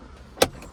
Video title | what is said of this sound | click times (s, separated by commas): Interior rearview mirror replacement on Honda Jazz or HRV 2015 to 2021 models ￼ | just clipping that back into place all the way around where it was. | 0.4 s